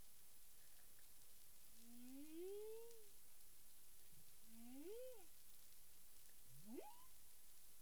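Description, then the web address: Humpback whale calls: two rising-then-falling moans, then a fast upswept whoop, over steady underwater hiss. Caribbean, 9 April 2002, 18:36 UTC. "CARIMAM clean data humpback whale"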